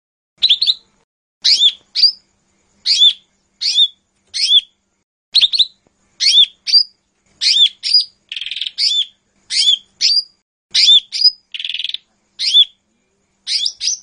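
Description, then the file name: Lesser green leafbird song of short sharp whistled phrases, each a quick downslurred note with a flick, repeated in a steady series, with occasional rasping buzzy notes between. "audio cucak hijau mini. omkicau"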